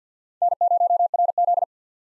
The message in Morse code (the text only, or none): N0RZ